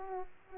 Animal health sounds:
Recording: mosquito wingbeat signal from an infrared sensor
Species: Aedes aegypti

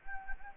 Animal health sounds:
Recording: mosquito wingbeat signal from an infrared sensor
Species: Anopheles gambiae

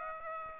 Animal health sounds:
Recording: mosquito wingbeat signal from an infrared sensor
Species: Aedes aegypti

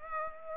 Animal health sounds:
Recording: mosquito wingbeat signal from an infrared sensor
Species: Aedes aegypti

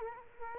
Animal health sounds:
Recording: mosquito wingbeat signal from an infrared sensor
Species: Culex quinquefasciatus

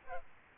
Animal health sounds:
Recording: mosquito wingbeat signal from an infrared sensor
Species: Aedes albopictus

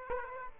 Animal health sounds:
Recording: mosquito wingbeat signal from an infrared sensor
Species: Aedes aegypti

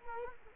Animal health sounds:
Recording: mosquito wingbeat signal from an infrared sensor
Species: Culex quinquefasciatus

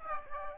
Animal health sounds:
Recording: mosquito wingbeat signal from an infrared sensor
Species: Aedes aegypti

